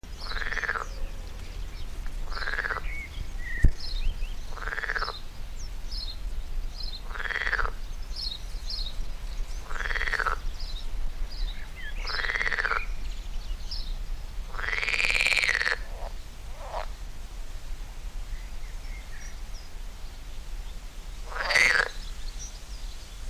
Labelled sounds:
Edible Frog call
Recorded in the wild
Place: Lübars, Benekendorffstraße, Berlin, DE
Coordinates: 52.6167, 13.3469
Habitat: Gartenteich
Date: 1998-06-13 11:49
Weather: heiter, 15°C
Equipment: Sony MD-WM MZ-R3, Sennheiser MKH 416 T, Kopie Uher 4000 Report Monitor
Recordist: Tembrock, Günter

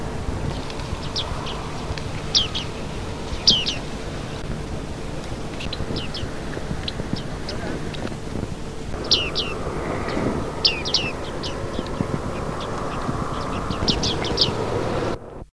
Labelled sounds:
Bearded Reedling call
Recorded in the wild
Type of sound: call
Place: Knock (Ostfriesland), Niedersachsen, DE
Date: 1975-10-18
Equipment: Halbspur, 9,5 cm/s
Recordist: Lütgens, Hans
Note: Rufe

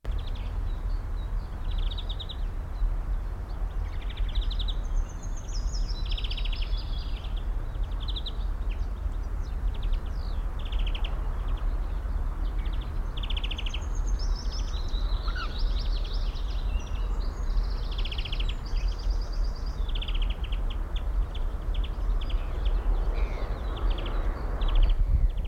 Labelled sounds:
European Greenfinch
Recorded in the wild
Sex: male
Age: adult
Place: Karower Teiche, Naturpark Barnim, Berlin, DE
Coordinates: 52.62, 13.46
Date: 1994-04-24
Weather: Wind, sonnig, 15-18°C
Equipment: Marantz CP 430, Sennheiser ME 80, Kopie Uher Variocord 263
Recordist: Tembrock, Günter
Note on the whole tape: Rufreihen, Fortsezung nächstes Band

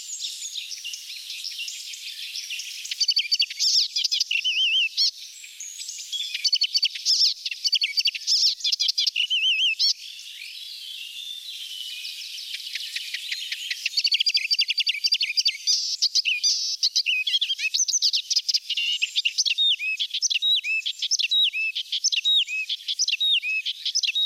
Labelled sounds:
Icterine Warbler song
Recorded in the wild
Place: Balaton / Hubertuspark, HU
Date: 1990-06-01
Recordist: Schwarz, Dieter
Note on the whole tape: Song

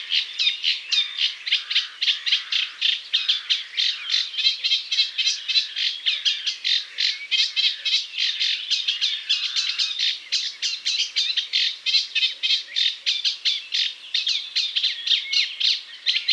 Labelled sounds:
Eurasian Reed Warbler song
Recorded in the wild
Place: Waltershofen / Freiburg im Breisgau, Baden-Württemberg, DE
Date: 1999-06-20
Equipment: MiniDisc Sony MZ-R35, Telinga DAT, Telinga-Parabolspiegel
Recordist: Schwarz, Dieter

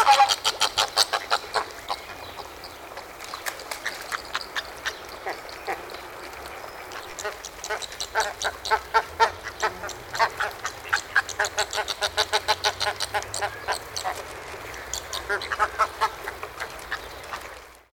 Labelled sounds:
Chilean Flamingo
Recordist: Tembrock, Günter
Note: Rufe in der Gruppe

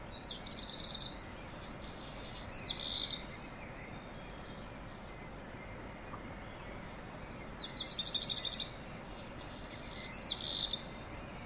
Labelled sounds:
Black Redstart
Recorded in the wild
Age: adult
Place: Untertweng, AT
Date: 1972-05-14
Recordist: Brunner, Thomas

